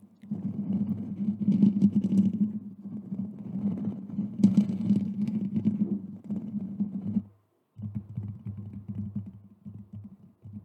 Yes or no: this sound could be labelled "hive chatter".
no